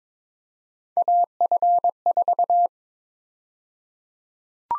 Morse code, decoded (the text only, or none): AF4